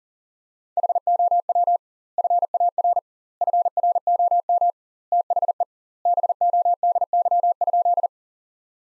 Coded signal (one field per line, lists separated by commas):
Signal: Morse code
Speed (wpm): 40 wpm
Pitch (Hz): 700 Hz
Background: none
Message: HOW FAR FROM THE BODY?